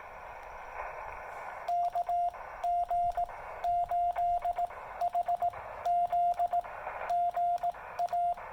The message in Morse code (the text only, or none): KG8HZ GA